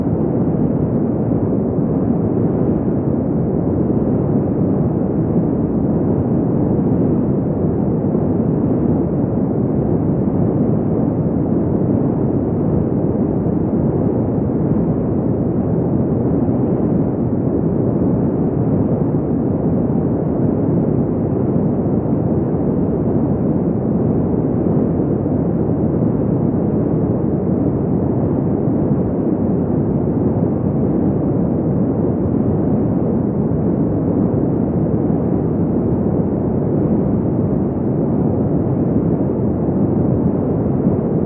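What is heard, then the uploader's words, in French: Desert wind blows in a steady, dense roar for the whole clip, never easing or gusting noticeably. The sound is deep and full, weighted toward low rumbling with a soft hiss above, and nothing cuts off the top; no other sounds stand out. Vent dans le désert.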